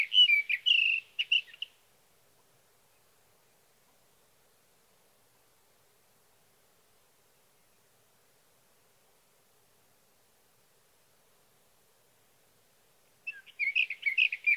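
Sage thrasher song, a quick burst of high warbled, jumbled notes, then a long silence before another rapid warbling phrase at the end.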